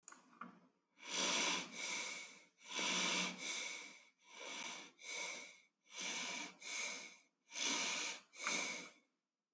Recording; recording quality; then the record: shallow breathing; excellent, no background noise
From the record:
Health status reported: respiratory illness, not identified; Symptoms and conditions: hypertension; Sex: male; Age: 40 years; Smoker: not ticked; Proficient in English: yes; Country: India